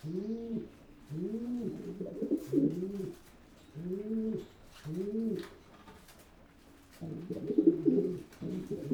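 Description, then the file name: Pigeon cooing in low, swelling notes, paired coos followed by longer rolling, throaty phrases, repeated twice. "holub"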